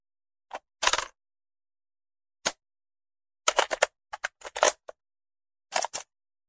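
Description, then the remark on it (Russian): Several sharp mechanical clicks and clunks as the play key of a tape recorder set on a table is pressed, arriving in irregular bursts with short silences between, and no steady whir of running tape. “Отодвинув часть бумаг в сторону, я поставил на стол магнитофон и нажал клавишу пуска.”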